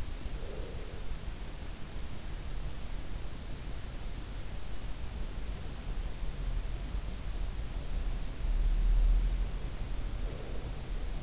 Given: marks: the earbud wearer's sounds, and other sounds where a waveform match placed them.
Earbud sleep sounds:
sounds in sleep by an in-ear microphone; breath
0.00-1.20 s: breath
10.00-11.23 s: breath

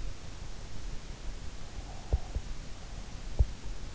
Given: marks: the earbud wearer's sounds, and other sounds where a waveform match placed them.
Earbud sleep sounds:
sounds in sleep by an in-ear microphone; breath
1.78-3.49 s: breath

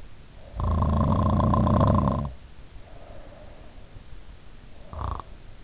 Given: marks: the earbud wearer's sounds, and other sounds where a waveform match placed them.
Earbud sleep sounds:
sounds in sleep by an in-ear microphone; snoring breath
0.30-3.91 s: snoring breath
4.71-5.45 s: snoring breath

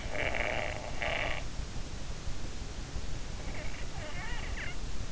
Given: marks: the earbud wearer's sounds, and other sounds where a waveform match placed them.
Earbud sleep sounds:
sounds in sleep by an in-ear microphone; snoring breath
0.00-1.50 s: snoring breath
3.40-4.91 s: snoring breath

